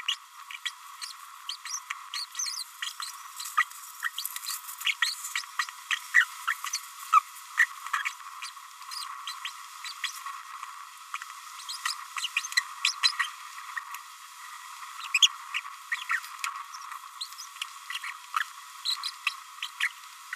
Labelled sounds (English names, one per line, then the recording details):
Green-rumped Parrotlet babbling
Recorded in a nest box in Venezuela
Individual 18B25A5